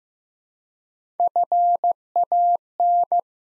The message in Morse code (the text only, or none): FAN